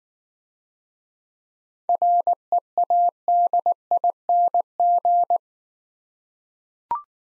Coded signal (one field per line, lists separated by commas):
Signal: Morse code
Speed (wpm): 19 wpm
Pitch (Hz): 700 Hz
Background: none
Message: READING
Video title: Easy Words - Speed-Racing with Hints - 15wpm